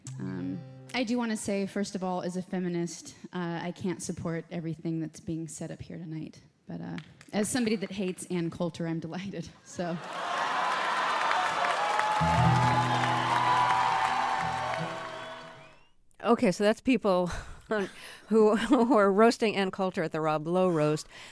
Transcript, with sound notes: I do want to say, first of all, as a feminist, I can't support everything that's being said up here tonight. But as somebody that hates Ann Coulter, I'm delighted, so...
(LAUGHTER, CHEERING)
OK. So that's people who are roasting Ann Coulter at the Rob Lowe roast.